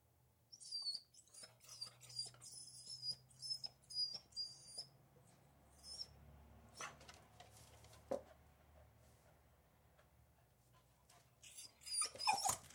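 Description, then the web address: Beagle whining in high, thin, drawn-out whistles, several in quick succession, followed by scattered knocks and scrapes and a louder flurry of whines near the end. Beagle barking, whining and jumping up at a door, indoors. "Sound Effects-BBC. beagle barking whining and jumping up at a door interior"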